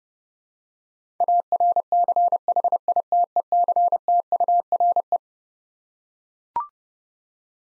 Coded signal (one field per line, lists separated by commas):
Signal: Morse code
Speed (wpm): 30 wpm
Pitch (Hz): 700 Hz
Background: none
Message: ARCHITECTURE